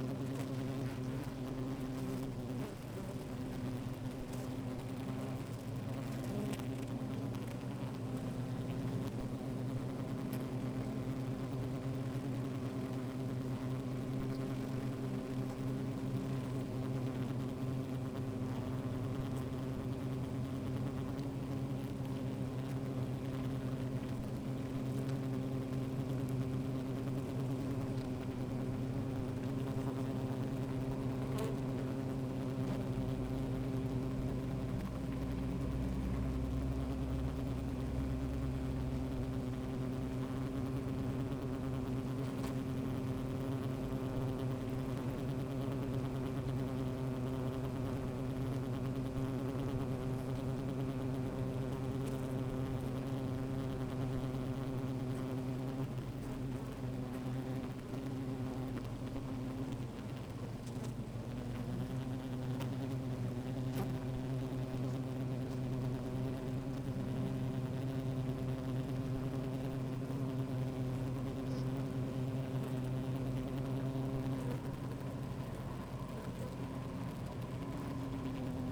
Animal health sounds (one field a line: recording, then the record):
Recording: honeybee colony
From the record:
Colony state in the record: active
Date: 28 July 2017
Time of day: 13:56